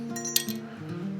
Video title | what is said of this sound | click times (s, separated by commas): 90's VooDoo Bokor MTB Neo-Retro ATB Shimano CUES 11 Speed! | this looks like the one to fit there. Yep. Clicked right in. | 0.4 s